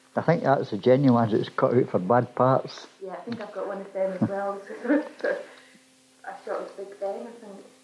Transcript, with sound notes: I think that's the genuine ones that's cut out for bad parts.
Yeah, I think I've got one of them as well-- [laughs] a shot of Big Ben, I think.